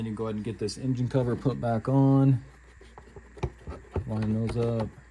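Someone talks while a plastic engine cover is lined up over its mounting pegs on the engine of a 2003-2013 Mazda 6, during thermostat replacement work. A few brief, faint taps of handling are heard around 3.0, 3.4 and 4.0 seconds between the speech. The cover has not snapped or seated into place yet.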